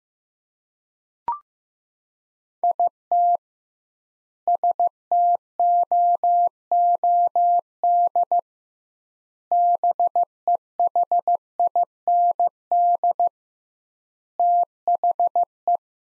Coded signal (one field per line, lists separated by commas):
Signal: Morse code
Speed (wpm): 15 wpm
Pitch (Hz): 700 Hz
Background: none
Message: IT STOOD BEHIND THE